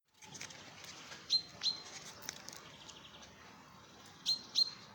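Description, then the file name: Common chaffinch calls: short, sharp high notes given in pairs, one pair early and one near the end, against a faint busy background hiss. "Fringilla coelebs"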